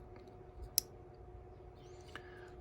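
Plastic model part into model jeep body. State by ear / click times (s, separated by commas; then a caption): seated / 0.8 s. A small plastic part of a 1/56 scale model Jeep is pressed into its hole in the Jeep's body and pops into place with a single sharp, bright click at 0.8 s, seating the part. A faint tick comes just before, and a softer tap follows at about 2.2 s, over a low, steady background hum.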